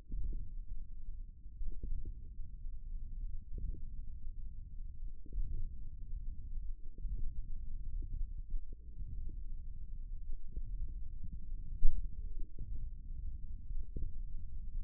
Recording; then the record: forearm muscle sounds (acoustic myography)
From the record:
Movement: index flexion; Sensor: system 1, eight BSWA MPA416 microphones around the upper forearm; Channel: 8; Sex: male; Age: 54 years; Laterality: right